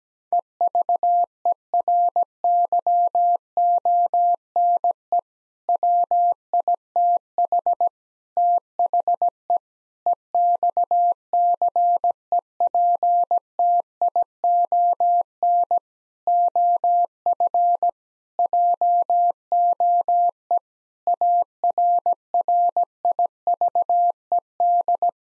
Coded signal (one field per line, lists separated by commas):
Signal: Morse code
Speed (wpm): 17 wpm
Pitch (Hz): 700 Hz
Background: none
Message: EVERYONE WITH THE EXCEPTION OF JOE ARRIVED